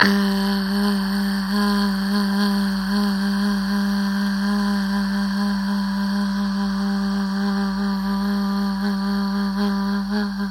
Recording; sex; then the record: sustained vowel /a/; female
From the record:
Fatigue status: fatigue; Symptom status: asymptomatic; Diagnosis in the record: COVID-19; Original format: m4a